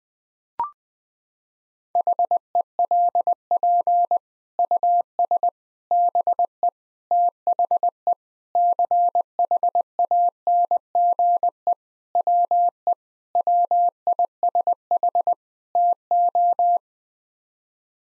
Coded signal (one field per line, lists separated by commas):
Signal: Morse code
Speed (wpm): 20 wpm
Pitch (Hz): 700 Hz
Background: none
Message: HELP US BE THE CHANGE WE WISH TO